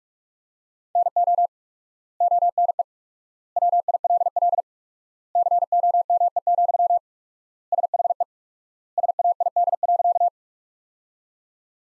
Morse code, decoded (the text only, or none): NO ONE WILL COME, SHE SAID.